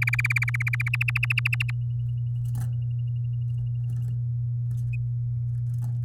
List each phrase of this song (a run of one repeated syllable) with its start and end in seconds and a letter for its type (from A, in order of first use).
0.02-0.89 A, 0.93-1.71 B